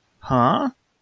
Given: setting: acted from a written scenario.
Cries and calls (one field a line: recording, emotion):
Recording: vocal sound without words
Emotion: confusion